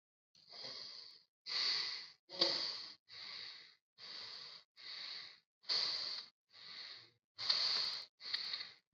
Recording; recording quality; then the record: shallow breathing; excellent, no background noise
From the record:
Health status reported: COVID-19 positive, mild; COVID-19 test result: positive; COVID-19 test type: RT-PCR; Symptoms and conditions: cough, sore throat, fever, fatigue, muscle pain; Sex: male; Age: 55 years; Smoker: no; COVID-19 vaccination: both doses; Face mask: not worn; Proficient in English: yes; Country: India